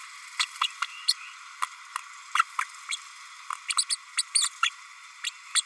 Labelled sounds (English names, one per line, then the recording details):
Green-rumped Parrotlet babbling
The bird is a female
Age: 32 days
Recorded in a nest box in Venezuela
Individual 17B32A5